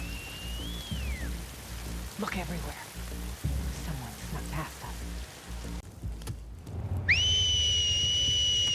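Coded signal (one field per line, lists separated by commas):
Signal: whistle signal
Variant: Seraphite Man Down whistle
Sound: a short falling whistle, rain and rustling, then a long whistle rising and holding high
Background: rain, ambient game sounds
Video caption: When Scars are spread out over a large area, other Scars will carry the whistle so that everyone in the group is made aware. (the Man Down whistle is then repeated by another Seraphite)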